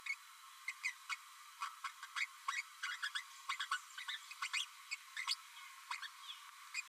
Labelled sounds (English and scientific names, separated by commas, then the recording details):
Green-rumped Parrotlet (Forpus passerinus) babbling
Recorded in a nest box in Venezuela
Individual 18B12A3